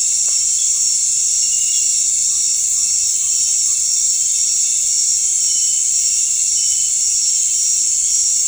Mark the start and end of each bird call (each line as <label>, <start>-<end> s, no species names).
bird call, 2.29-3.78 s